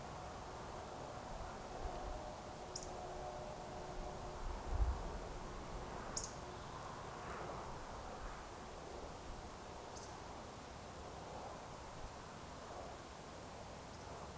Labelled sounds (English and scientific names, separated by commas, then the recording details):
Eurasian Woodcock (Scolopax rusticola)
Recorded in Baden-Württemberg, Germany, on 30 June 2020 at 20:14 UTC
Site 43791, 788 m above sea level